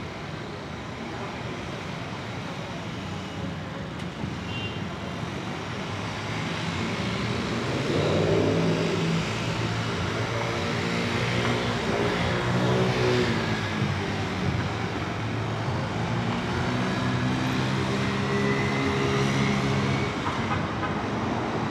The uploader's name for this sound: Ext, Brooklyn Roof